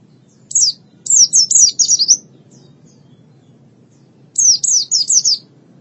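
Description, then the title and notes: White-eye song in two brief bursts of quick, very high down-slurred chirps with a silent gap of about two seconds. "Suara kicauan burung pleci"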